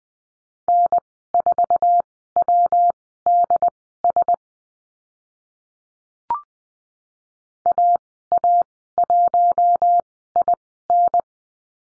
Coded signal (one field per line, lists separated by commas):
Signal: Morse code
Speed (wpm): 20 wpm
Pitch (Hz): 700 Hz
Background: none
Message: N4WDS AA1IN